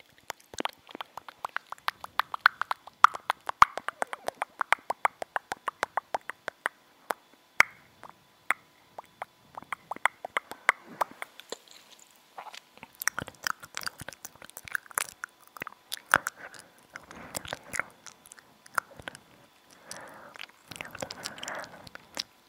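Wet mouth sounds and gum chewing fill the clip, starting as a fast regular run of clicks and smacks for the first ten seconds. After that the chewing turns denser and messier, with soft hissing whispered breaths mixed in and small pops throughout.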